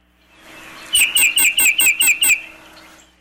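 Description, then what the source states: Tufted Titmouse song, seven clear whistled notes of the same downslurred shape repeated evenly, slow enough to count. Example of a series: the same note repeated slowly enough to count.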